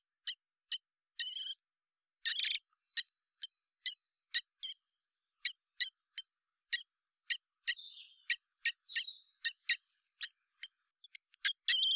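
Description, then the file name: Common blackbird giving sharp, dry ticking calls, mostly in quick single clicks with a few doubled notes, plus faint thin chirps in the second half. "Turdus merula"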